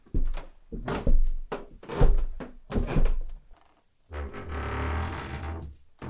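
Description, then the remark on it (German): An attic door opening: a run of wooden thumps and knocks, a brief pause, then a long, steady grinding creak as the door swings. No voices. “Können wir mal hochgehen? Geh ruhig. Die Tür ist offen.”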